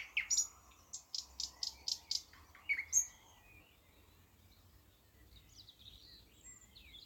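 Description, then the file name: Thrush nightingale song: a burst of rapid clicking notes for about three seconds, followed by faint bird calls and quiet background. "thrush nightingale - luscinia luscinia"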